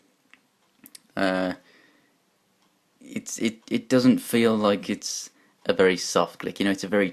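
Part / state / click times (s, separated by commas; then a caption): ratchet joint of a plastic transforming action figure / released / 0.9 s. The ratcheted joint of a plastic Transformers Generations Orion Pax transforming action figure is opened during transformation, giving small clicks at 0.3 and 0.9 seconds before a sharp, tough-sounding click at 1.0 second as the joint releases. Someone then talks about how firm the click feels.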